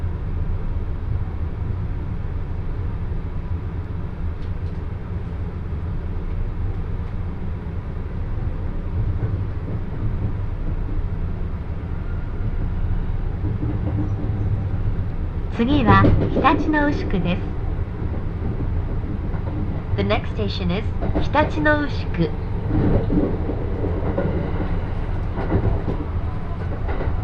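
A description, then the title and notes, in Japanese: A Joban Line local train runs from Ishioka toward Tsuchiura and Toride, its steady low rumble and rattle filling the whole clip. Around 15 to 17 seconds and again from 20 to 23 seconds, voices speak briefly over the running noise. 耳で楽しむ鉄道旅 常磐線普通 石岡→土浦→取手。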